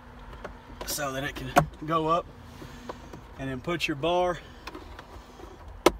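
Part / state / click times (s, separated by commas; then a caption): glove box damper bar end into its mounting hole on the glove box / seated / 5.9 s. After refitting the cabin air filter on a 2017-and-up F250, the glove box damper bar's end is pushed back into its mounting hole on the side of the glove box while someone talks. A single sharp click at 5.9 s confirms the bar is seated.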